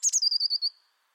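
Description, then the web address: Blue Tit call: two quick high notes followed by a thin, fast, pulsing trill that fades within a second; otherwise silent. "Deverinetal 2025 File origin Bird Only Cy Ca"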